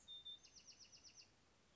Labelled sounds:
Bewick's Wren (Thryomanes bewickii)
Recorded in Sonoma County, California

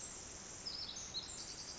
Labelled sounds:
Pacific Wren (Troglodytes pacificus)
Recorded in Sonoma County, California

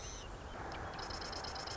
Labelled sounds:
Marsh Wren (Cistothorus palustris)
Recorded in Sonoma County, California

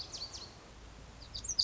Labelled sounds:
Lazuli Bunting (Passerina amoena)
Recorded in Sonoma County, California

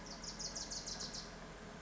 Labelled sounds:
Bewick's Wren (Thryomanes bewickii)
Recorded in Sonoma County, California

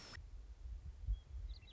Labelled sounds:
Western Meadowlark (Sturnella neglecta)
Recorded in Sonoma County, California

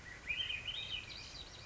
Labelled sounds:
Swainson's Thrush (Catharus ustulatus)
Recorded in Sonoma County, California

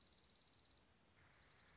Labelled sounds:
Dark-eyed Junco (Junco hyemalis)
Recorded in Sonoma County, California

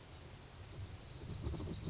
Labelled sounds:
Oak Titmouse (Baeolophus inornatus)
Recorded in Sonoma County, California

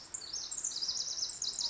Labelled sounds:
Pacific Wren (Troglodytes pacificus)
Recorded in Sonoma County, California

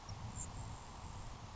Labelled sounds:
Grasshopper Sparrow (Ammodramus savannarum)
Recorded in Sonoma County, California

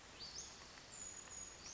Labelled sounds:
Western Flycatcher (Empidonax difficilis)
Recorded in Sonoma County, California

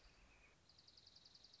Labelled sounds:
Dark-eyed Junco (Junco hyemalis)
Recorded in Sonoma County, California

